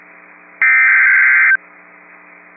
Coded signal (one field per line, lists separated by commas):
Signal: Emergency Alert System (SAME) tones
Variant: header bursts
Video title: 6/24/22 - Flash Flood Warning on WXL78 (EAS #562)